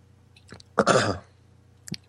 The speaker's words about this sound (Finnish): Ja kumpi meistä niiskuttaa tällä hetkellä?